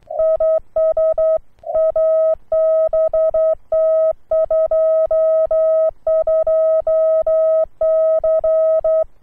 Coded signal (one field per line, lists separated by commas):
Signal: Morse code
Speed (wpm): 11 wpm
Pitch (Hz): 640 Hz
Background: none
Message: IS ABT 22C